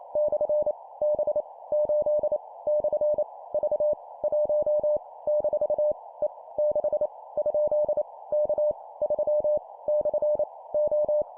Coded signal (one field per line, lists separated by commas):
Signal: Morse code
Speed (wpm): 28 wpm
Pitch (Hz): 600 Hz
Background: none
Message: / B 8 / V 1 - E 6 ? K 3 / O